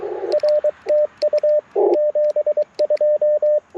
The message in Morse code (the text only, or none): R TU 72